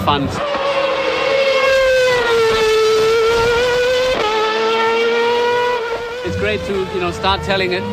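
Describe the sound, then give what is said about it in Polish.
A Red Bull racing car running on zero-emission fuel during a demonstration drive screams loudly and steadily with a high, buzzing engine whine, its pitch jumping once midway as if shifting gear, before breaking into a rougher, choppier rumble at the end. “Bolid był zasilany paliwem zeroemisyjnym. Jak widać i słychać, samochód ma tyle samo mocy, a my jako kierowcy mieliśmy tyle samo radości z jazdy.”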